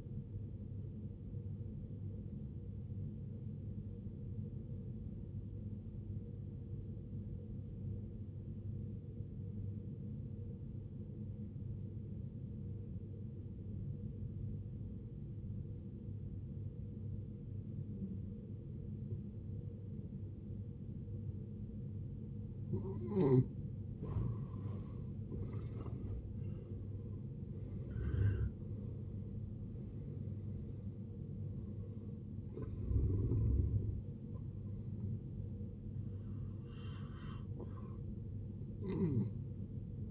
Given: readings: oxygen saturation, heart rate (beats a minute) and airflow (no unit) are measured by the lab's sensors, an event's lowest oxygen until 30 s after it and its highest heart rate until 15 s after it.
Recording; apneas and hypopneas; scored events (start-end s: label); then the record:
breathing in sleep by a smartphone at the bedside; 1
6.00-25.90 s: obstructive apnea (N1, oxygen 93% highest, then 75% lowest, heart rate 57 at the start, 84 highest)
From the record:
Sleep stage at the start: N1 (lightest sleep); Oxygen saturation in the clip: 76 to 93%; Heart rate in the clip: 54 to 84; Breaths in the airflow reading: 5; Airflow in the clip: -17.0 to 17.0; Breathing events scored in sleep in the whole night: 389 in 6.3 hours asleep